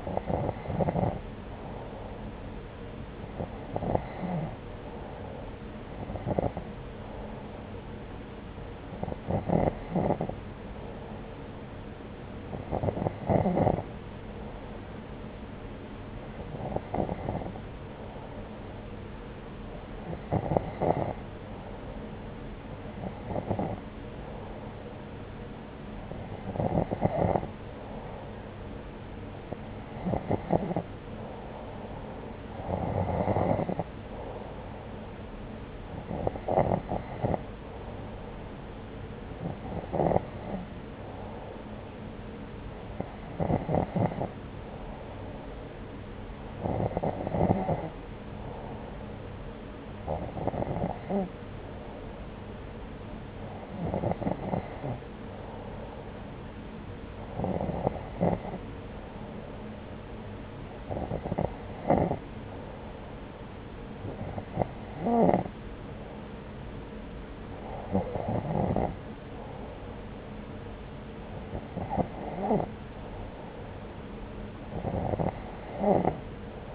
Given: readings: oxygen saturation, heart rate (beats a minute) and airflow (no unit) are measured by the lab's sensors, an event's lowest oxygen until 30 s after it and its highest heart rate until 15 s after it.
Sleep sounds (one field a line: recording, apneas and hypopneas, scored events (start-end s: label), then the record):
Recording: breathing in sleep by a voice recorder at the bedside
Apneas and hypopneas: none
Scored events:
none scored
From the record:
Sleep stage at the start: N2 (light sleep)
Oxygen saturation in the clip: 90 to 92%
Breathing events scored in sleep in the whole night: 303 in 8.1 hours asleep